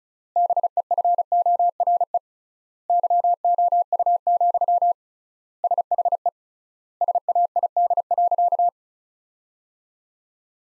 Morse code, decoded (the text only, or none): BEFORE YOU, SHE SAID.